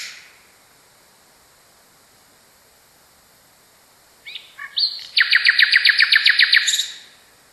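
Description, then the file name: Common nightingale phrase after a long quiet pause: brief soft notes, then a loud, regular series of rapid harsh repeated notes. Song variation. "kicauan-nightingale-a-variasi 1-omkicau"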